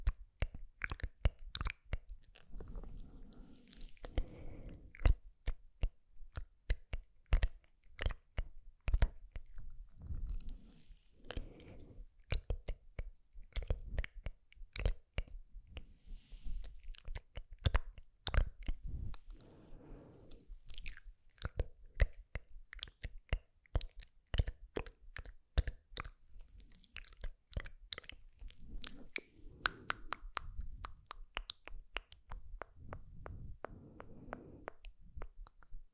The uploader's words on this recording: SLOW AND GENTLE MOUTH SOUNDS ASMR.